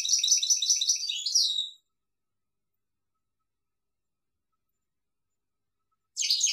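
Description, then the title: European goldfinch song: a rapid, tinkling burst of high twittering notes for under two seconds, then silence until a short phrase starts again at the end. "Chant Chardonneret"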